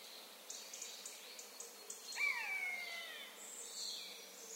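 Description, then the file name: Eurasian jay giving a single falling mew halfway through, after a run of short high ticking notes and with thin bird twitters continuing around it. "Garrulus glandarius"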